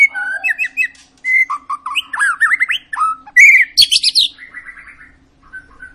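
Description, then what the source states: White-rumped shama song, loud and varied, mixing short whistled phrases, rising buzzy slurs and sharp high notes, ending with softer trilled notes. Long lure song of an energetic, frequently singing bird, used to prompt other shamas to sing.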